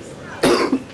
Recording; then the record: coughing mixed with background sound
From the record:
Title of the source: Coughing 77